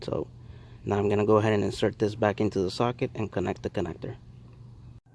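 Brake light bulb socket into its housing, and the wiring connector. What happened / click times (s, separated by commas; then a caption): Handled, not yet home: no seating click yet / none. A man talks while handling a Ford Mustang 4th brake light LED bulb socket and its wiring connector, about to put the socket back into the brake light housing and plug in the connector. Only speech and faint background noise are heard, and nothing has seated or clicked yet.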